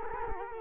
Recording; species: mosquito wingbeat signal from an infrared sensor; Culex quinquefasciatus